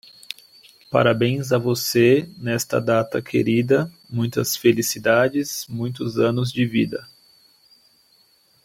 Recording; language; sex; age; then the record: short text; Brazilian Portuguese; male; 20 to 29 years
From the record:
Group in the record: control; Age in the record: 24 years